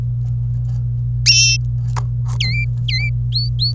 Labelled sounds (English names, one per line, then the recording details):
Domestic Canary song
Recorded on 26 April 2018 at 08:19
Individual llb3